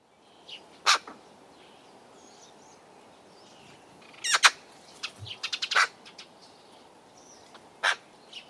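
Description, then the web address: Eurasian magpie harsh chattering: isolated rasping notes and a quick burst of several clipped notes. "cianscape birddata Deverinetal"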